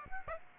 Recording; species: mosquito wingbeat signal from an infrared sensor; Aedes aegypti